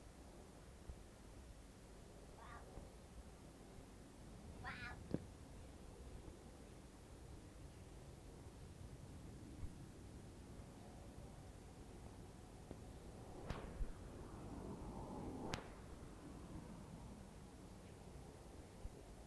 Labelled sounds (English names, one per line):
Jungle Cat call